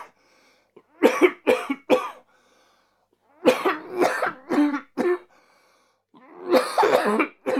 Man Coughing.